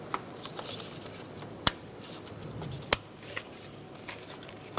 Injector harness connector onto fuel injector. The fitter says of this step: the injector harness back into place push the connectors down until you hear a click